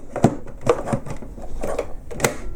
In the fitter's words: clicks into place, and then we take the pass-through power cord,